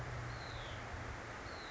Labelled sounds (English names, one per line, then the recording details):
Hutton's Vireo
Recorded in Sonoma County, California